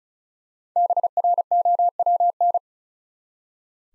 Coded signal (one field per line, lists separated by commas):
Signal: Morse code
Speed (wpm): 34 wpm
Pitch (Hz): 700 Hz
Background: none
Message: BROWN